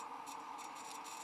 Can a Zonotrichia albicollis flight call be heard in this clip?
no